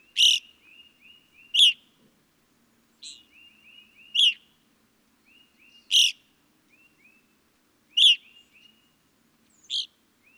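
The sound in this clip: Evening grosbeak sounding loud, ringing calls every one to two seconds, many joined by a run of soft, quick, lower chirps.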